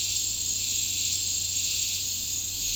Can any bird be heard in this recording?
no